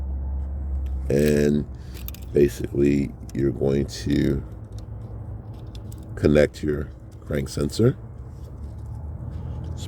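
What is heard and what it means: Someone talks while lining up the plastic connector of a Subaru Legacy crankshaft sensor with the engine wiring harness plug, getting ready to push it home. Nothing has seated or clicked yet.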